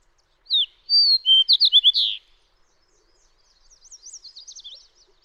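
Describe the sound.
Fox sparrow song: a clear phrase of slurred whistles and a few rapid falling notes, then quiet, followed by a faint high warbling from another bird.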